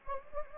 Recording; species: mosquito wingbeat signal from an infrared sensor; Anopheles gambiae